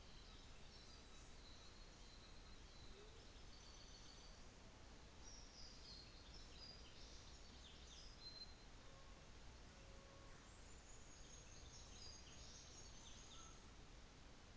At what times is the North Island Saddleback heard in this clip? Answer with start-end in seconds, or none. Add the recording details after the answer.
none. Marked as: faintness 5/5, faintness 4/5. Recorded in New Zealand on 24 December 2018. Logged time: 15:45